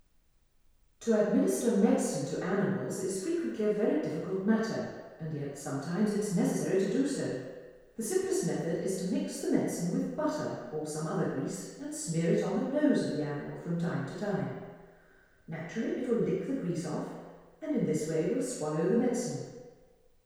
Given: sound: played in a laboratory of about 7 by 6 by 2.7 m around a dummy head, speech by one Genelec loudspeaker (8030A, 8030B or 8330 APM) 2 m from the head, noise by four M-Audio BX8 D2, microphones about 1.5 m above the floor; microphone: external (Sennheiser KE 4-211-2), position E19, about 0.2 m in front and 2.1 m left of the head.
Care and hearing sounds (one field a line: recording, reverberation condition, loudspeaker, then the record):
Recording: female speech in English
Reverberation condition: high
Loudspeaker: 30 degrees to the left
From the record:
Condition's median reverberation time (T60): about 1300 ms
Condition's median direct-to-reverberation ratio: about -4.0 dB